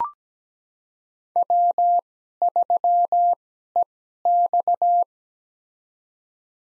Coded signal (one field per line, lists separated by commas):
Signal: Morse code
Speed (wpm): 17 wpm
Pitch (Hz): 700 Hz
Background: none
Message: W3EX